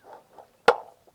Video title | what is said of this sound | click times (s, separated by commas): NETVUE Birdfy Smart Bird Feeder Review 🌞 Solar Camera + LIVE Bird Footage! (Must-See) | and press it till you hear a click | 0.7 s